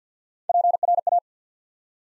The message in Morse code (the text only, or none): PRA